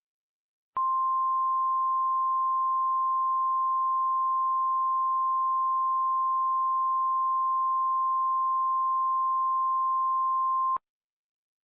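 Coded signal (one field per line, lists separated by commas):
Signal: Emergency Alert System (SAME) tones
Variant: 1050 Hz attention tone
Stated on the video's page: Valid EAS tones used in a fictional hurricane scenario, not a real alert.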